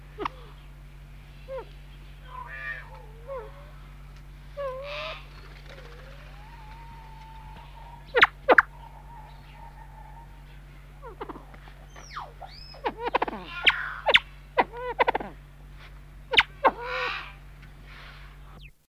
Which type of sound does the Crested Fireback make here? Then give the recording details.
call. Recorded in captivity. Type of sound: call. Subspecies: ignita. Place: Vogelpark Walsrode, Niedersachsen, DE. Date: 1978-10-02. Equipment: Halbspur, 9,5 cm/s. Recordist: Lütgens, Hans. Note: Rufe